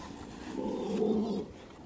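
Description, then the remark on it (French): A single rough, low grunt from farm animals by the fence swells for about a second before fading into faint background noise, with no voices present. “On les entend manger, mais on les entend plus grogner.”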